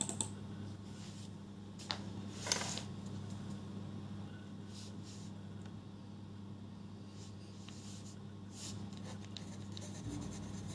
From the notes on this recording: going through my notes and re-writing stuff